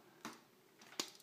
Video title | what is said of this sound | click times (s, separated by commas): Transformers: Robots In Disguise - Warrior Class Steeljaw | on entend le petit clips c'est que c'est bon voilà ça tient bien hop les bras on les pivote là et | 1.0 s